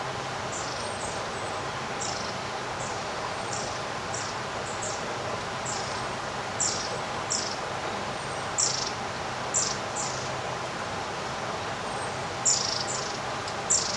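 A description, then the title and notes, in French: A summer day in a garden with almost no wind: a steady, soft hiss fills the background while a bird repeats short, high chirps about every half second to second. A few chirps stand out louder near 7, 9 and 12 seconds. Une journée d’été dans le jardin. La magie d'une journée d'été presque sans vent. Les oiseaux chantent leurs douces mélodies.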